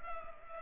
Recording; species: mosquito wingbeat signal from an infrared sensor; Culex pipiens